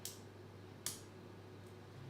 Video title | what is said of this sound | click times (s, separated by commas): Tourbillon 2 - Pre-Order Live Stream | locks you can now push it back the way and you'll hear it click without pushing the button | 0.1 s, 0.9 s